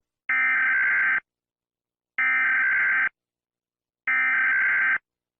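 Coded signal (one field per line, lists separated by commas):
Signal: Emergency Alert System (SAME) tones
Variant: header bursts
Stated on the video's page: Fictional analog horror scenario alert.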